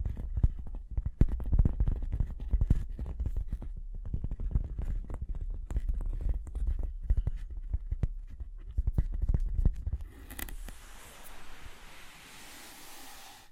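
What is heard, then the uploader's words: Quick, uneven tapping with dull, low thuds fills the first ten seconds, then gives way to a steady, hissy scratching that continues to the end. Tapping and Scratching (No Talking).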